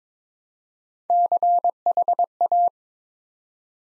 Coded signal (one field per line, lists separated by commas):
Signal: Morse code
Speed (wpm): 22 wpm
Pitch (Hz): 700 Hz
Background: none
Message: CHA